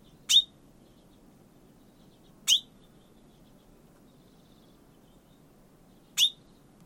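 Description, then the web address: Bird calls: short, sharp downward chips repeated three times at uneven gaps of two to four seconds, against near silence. "Deverinetal 2025 File origin Bird Only Fr Co"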